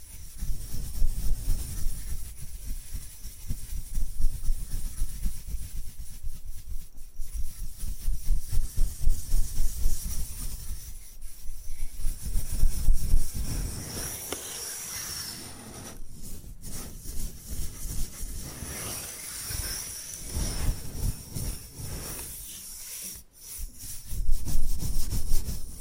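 Bamboo being scratched and brushed, a dense run of rubbing strokes with a rough, hissy edge over a low rumble. The strokes come in irregular bursts, dipping to brief pauses near 7, 11 and 23 seconds. A thin high whine persists throughout.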